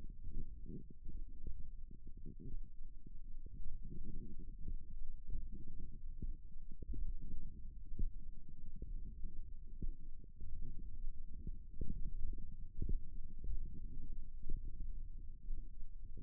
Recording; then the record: forearm muscle sounds (acoustic myography)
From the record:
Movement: index flexion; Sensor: system 1, eight BSWA MPA416 microphones around the upper forearm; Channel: 8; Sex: female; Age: 21 years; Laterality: right